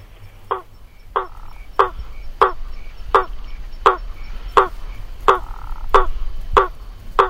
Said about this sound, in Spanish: Que se llama rana martillo, Ipsiboa faber. Y el canto que produce es como el golpe de un martillo.